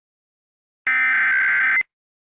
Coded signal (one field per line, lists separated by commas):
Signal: Emergency Alert System (SAME) tones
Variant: header bursts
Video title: A EAS Scenario #8 Daki and Gyutaro’s Rampage